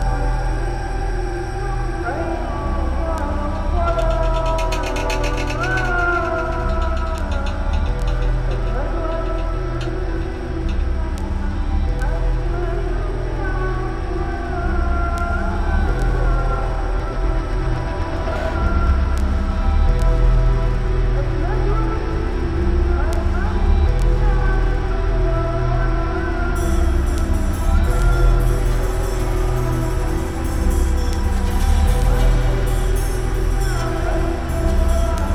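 A rubbed bass drum lying on its side gives off a steady, dense low rumble, with wavering, gliding tones drifting across the middle like synthetic pads. Brief scraping bursts appear around five and twenty seconds, and a thin hiss brightens the top after twenty-seven seconds.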